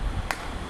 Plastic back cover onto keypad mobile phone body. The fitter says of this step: Press பண்ண உங்களுக்கு phone வந்து ஆட்டோமேட்டிக்காக லாக் ஆகிக்கும்.